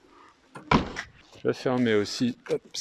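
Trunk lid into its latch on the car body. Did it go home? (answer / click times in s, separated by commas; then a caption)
yes / 0.7 s. The small trunk lid of a SMART Roadster Brabus Coupé Xclusive is pushed shut into its latch on the car body, and it catches with a loud slam-click at 0.7 s. The lid is latched shut, and someone talks around the closing.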